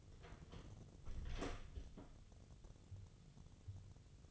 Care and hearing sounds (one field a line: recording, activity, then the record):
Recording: daily activity, microphone in the room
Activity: close door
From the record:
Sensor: 4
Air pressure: 1015.9 hPa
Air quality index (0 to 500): 197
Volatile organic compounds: 10 ppm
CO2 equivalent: 2247 ppm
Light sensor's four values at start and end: 9/20/8/7 and 9/20/8/7